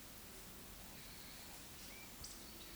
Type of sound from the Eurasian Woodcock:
whistle, croak